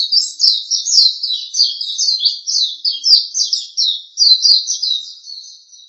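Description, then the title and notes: Bird song: a continuous, rapid twittering chatter of high, rolling notes, with no other sounds. Indonesia. "Kicau Burung Indonesia"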